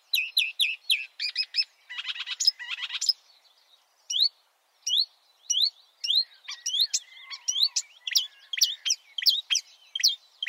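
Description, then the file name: Marsh warbler song: quick high notes, a short buzzy rattle, a pause, then varied rising whistles and twitters repeated rapidly. "suara-kicauan-burung-marsh-warbler -omkicau"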